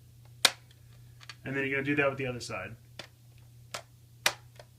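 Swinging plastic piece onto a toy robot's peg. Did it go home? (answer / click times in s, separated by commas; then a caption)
yes / 0.4 s. A plastic hinge piece on a toy robot is swung around until its port pegs onto a post, snapping into place with a sharp click at 0.5 s. Someone then talks over a low hum, and a few more short clicks follow near the end.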